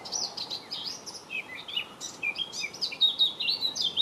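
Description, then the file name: Blackcap song: a fast, continuous warble of varied chattering notes rising into clearer, flute-like whistled phrases toward the end, over a steady hiss of background noise. "طائر القبعة السوداء"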